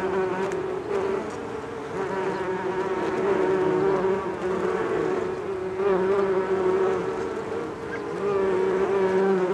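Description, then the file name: Bees droning steadily, several hums weaving in and out, the sound rising in loudness around the middle and again near the end. "benboncan bees"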